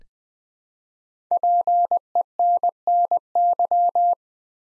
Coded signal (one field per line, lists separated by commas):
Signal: Morse code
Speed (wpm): 20 wpm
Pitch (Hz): 700 Hz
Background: none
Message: PENNY